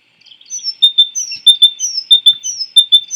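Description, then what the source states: Great tit singing a repeated phrase: a high descending whistle, then a pair of lower sharp notes, cycled several times at a brisk, even pace. A third song type of the great tit.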